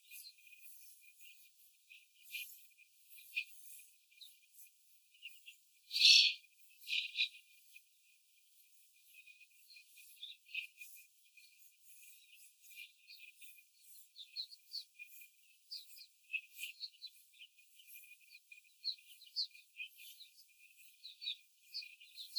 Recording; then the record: young laying hens in a cage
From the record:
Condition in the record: after the stressor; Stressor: simulated dog barking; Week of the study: 4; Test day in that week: 1